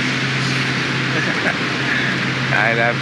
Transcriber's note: laughs